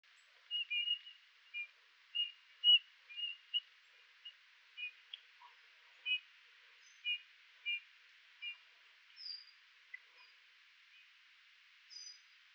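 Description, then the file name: Eurasian bullfinch giving soft, short piping whistles, repeated at irregular intervals, with a few higher faint notes in between. "Pyrrhula pyrrhula"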